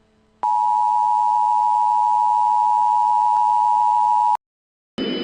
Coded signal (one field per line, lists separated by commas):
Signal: Emergency Alert System (SAME) tones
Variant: 853 and 960 Hz attention tone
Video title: (REQUESTED) EAS Test: Jasper And Friends